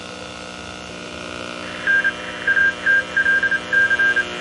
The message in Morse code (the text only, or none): N ATLC